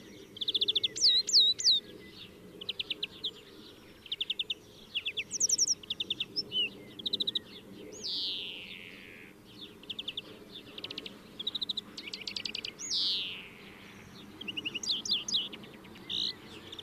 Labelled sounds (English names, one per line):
European Greenfinch song